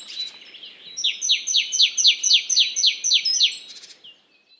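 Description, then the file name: Great tit calling, a fast regular string of about ten sharp descending notes, framed by brief buzzy rattles at the start and end. "Parus major"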